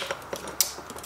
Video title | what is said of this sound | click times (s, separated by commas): TX2K16 Countdown Vlog Episode #3 C7 Z06 1000hp fuel system e85 | There we go. You hear an audible click. | 0.6 s